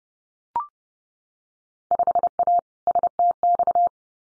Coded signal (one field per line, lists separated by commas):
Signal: Morse code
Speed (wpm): 30 wpm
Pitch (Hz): 700 Hz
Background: none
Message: 5A STX